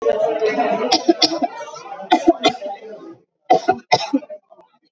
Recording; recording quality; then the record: shallow voluntary cough; moderate, slight background noise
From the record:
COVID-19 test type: RT-PCR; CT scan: not taken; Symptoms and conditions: cough, cold, fever, loss of smell and taste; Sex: female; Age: 51 years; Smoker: no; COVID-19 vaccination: both doses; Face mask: worn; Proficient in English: yes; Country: India